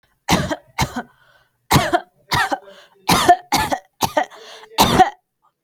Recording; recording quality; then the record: heavy voluntary cough; excellent, no background noise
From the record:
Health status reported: healthy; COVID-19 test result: not tested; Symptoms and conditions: none ticked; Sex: female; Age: 20 years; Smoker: not ticked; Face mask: not worn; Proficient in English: yes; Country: India